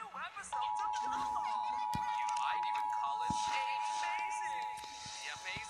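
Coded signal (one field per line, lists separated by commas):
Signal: Emergency Alert System (SAME) tones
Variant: 853 and 960 Hz attention tone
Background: speech, music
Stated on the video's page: Required monthly test on a Cartoon Network cable feed in Boston.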